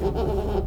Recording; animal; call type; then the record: contact call of a hoofed animal; goat; low-frequency (closed-mouth) or high-frequency (open-mouth) call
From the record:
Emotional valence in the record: negative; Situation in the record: food frustration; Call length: 0.67 s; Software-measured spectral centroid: 1550 Hz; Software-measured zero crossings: 810 a second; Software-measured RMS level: -24 dBFS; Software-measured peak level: -11 dBFS